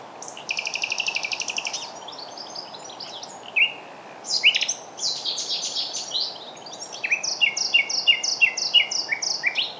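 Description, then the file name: Common nightingale song: a dense buzzy trill, then varied phrases and a series of quick repeated notes. "Luscinia megarhynchos"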